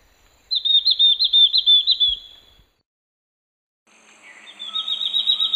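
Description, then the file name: Ferruginous-backed antbird giving a loud phrase of repeated whistles, then after a pause a second, quieter series starts up. "Myrmeciza ferruginea"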